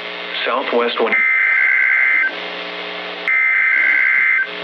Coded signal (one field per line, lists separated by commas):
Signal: Emergency Alert System (SAME) tones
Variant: header bursts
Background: speech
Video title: MTPR RETURNS FROM THE DEAD... EAS Tests from 8/30/23 (EAS #3,003 - 3,009)